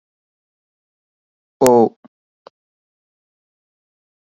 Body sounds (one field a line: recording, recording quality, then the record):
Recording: sustained vowel as in boot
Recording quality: excellent, no background noise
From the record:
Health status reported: COVID-19 positive, mild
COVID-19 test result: positive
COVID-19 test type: RT-PCR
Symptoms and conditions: sore throat, fever, fatigue, muscle pain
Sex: male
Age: 23 years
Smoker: no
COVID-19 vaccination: both doses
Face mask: not worn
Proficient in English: yes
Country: India